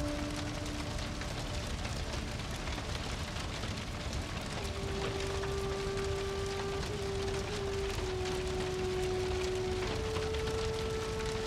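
A fire crackles steadily with dense, fine pops and snaps, full across lows and highs. Soft, sustained calming music plays underneath: long held single tones, one from the start, another entering around five seconds and a higher one near ten seconds.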